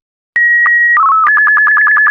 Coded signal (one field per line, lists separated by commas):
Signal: SSTV (slow-scan television)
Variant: Robot BW 24